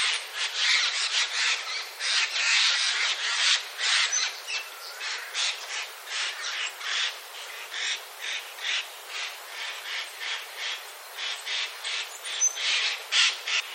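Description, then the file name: Eurasian jay giving harsh, rasping screeches in a fast unbroken series, roughly two or three per second, throughout. "kakesu"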